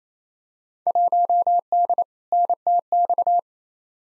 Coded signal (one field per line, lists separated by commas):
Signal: Morse code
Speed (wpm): 27 wpm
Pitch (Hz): 700 Hz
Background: none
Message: 1D NTX